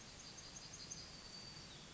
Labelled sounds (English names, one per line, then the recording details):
Yellowhammer song
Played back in forest
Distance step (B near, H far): F
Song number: 133